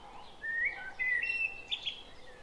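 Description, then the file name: Common blackbird giving a brief, clear whistled phrase of level fluty notes ending in two higher chirps. "Turdus merula"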